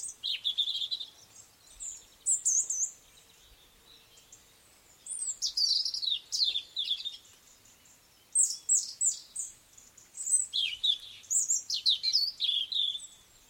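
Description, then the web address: Bird song: bright, high twittering phrases of quick rising and falling notes, delivered in bursts separated by short pauses. Sweet birdsong outside a window. "sweet birdsong outside the window"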